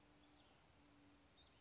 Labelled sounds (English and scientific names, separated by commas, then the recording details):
Band-tailed Pigeon (Patagioenas fasciata)
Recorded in Sonoma County, California